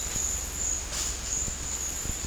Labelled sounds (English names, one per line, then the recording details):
none
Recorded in dense forest near Puerto Asís, Putumayo, Colombia, on 21 December 2024 at 15:00
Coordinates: 0.466, -76.327
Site G075